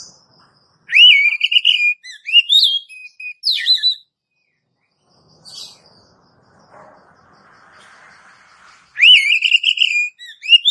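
Oriental magpie-robin singing strong warbled whistles with quick rising and falling notes, a quiet pause, then the phrase starting again.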